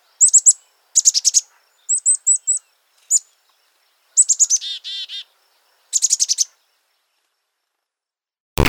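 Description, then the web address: Black-capped chickadee calls: clusters of high, rapid chip notes and a buzzy run of 'dee' notes, repeated in short bursts with silent gaps. "Thumbs Plus Zoo Field Guide Repository Sounds Black-capped. Chickadee"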